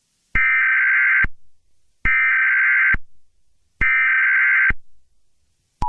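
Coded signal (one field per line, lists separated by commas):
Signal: Emergency Alert System (SAME) tones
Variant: header bursts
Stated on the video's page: Fictional horror alert scenario.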